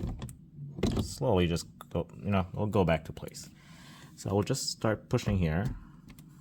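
Someone talks while the window switch panel of a 2023 Toyota bZ4X XLE is handled and lined up against the door trim, with a few faint ticks and taps around the speech. Nothing has seated or clicked into the door trim yet.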